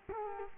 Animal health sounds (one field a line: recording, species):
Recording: mosquito wingbeat signal from an infrared sensor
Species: Culex quinquefasciatus